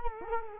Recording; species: mosquito wingbeat signal from an infrared sensor; Culex quinquefasciatus